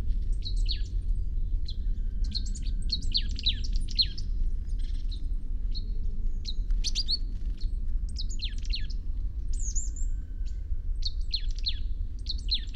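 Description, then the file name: Marsh tit calling repeatedly with high, clipped chips and brief downslurred notes in quick clusters throughout, over a continuous low background hum. "Poecile palustris"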